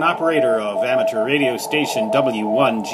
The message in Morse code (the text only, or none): ARE AT